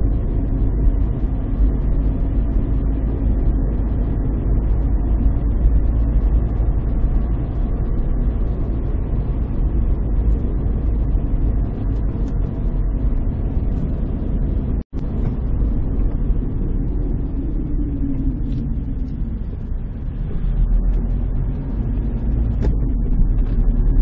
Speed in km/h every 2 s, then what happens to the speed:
55, 57, 60, 62, 60, 58, 54, 50, 30, 18, 23, 28.
0-6 speeds up to 62. 6-18 brakes to 18. 18-24 speeds up to 28.